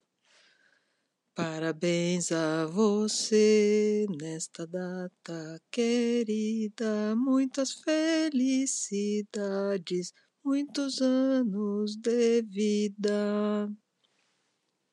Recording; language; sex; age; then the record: short text; Brazilian Portuguese; female; 60 to 69 years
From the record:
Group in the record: control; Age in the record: 61 years